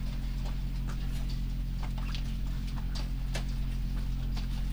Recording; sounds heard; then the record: poultry house recording; sick chickens (respiratory disease)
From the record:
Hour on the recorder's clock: 2